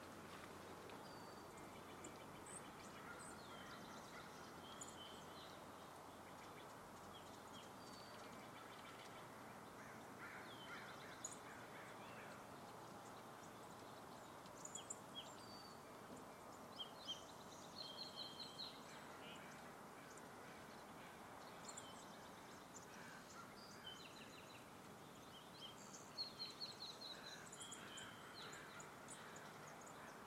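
Outdoor ambience along footpaths at Dharma Rain Zen Center, with a steady, dense low rumble like traffic running throughout. Bird calls and chirps come and go high above it, busiest near the middle and end, with a few sharp clicks around 11, 15 and 26 seconds.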